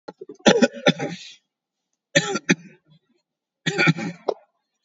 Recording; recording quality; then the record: heavy voluntary cough; excellent, no background noise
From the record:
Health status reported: COVID-19 positive, mild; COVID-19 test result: positive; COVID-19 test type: RT-PCR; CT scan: taken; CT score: 13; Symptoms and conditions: cough, sore throat, fatigue, loss of smell and taste, diabetes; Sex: male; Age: 51 years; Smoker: no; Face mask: worn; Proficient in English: yes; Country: India